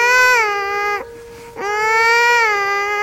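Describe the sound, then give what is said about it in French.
A baby that has climbed out of its cradle cries in two long, loud, high-pitched wails, separated by a short gasping pause, each wail steady and strained with a slight downward bend at the end. “Oh, mon joli bébé est encore sorti de son berceau.”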